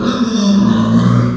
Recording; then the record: squeal of a Yucatan mini pig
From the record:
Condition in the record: after surgery on the right vocal fold (resection and tissue-engineered implant); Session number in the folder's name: 14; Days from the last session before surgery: 133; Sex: female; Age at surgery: 19 weeks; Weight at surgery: 25 kg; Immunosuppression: prednisolone